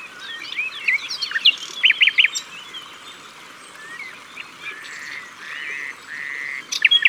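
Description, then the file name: Common nightingale song in short bursts: twisting whistles and a brief triple of rapid notes, followed by drawn-out whistled tones. At the water's edge. "Rossignol philomele Au bord de leau"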